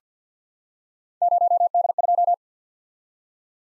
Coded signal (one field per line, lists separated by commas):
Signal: Morse code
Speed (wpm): 49 wpm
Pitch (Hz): 700 Hz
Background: none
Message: 0D2